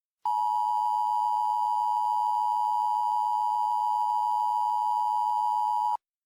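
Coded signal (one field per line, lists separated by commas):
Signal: Emergency Alert System (SAME) tones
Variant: 853 and 960 Hz attention tone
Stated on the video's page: Fictional mock EAS alert with voice and sound effects; simulated, not a real broadcast.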